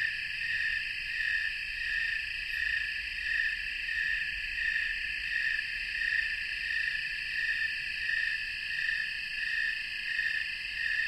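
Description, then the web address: Snowy tree crickets chorusing, a clear high trill throbbing in even, synchronized pulses throughout, with no other sounds standing out. Chorus of many crickets, North America. "Natures Songs N America Songs of Insects -Snowy Tree Cricket chorus"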